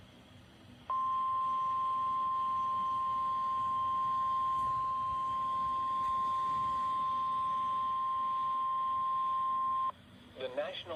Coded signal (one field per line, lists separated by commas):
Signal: Emergency Alert System (SAME) tones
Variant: 1050 Hz attention tone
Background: speech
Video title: A Rude Awakening - EAS Alerts from 4/3/25 || EAS 1,688-1,700